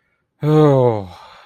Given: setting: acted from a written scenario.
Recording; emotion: vocal sound without words; contentment